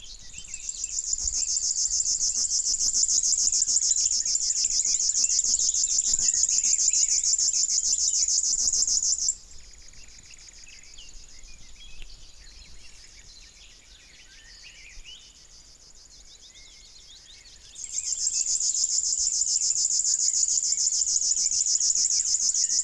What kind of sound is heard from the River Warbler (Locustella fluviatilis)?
song